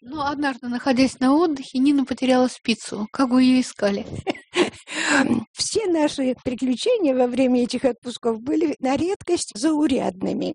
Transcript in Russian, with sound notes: Однажды, находясь на отдыхе, Нина потеряла спицу. Как вы ее искали? (Смеется)
Все наши приключения во время этих отпусков были на редкость заурядными.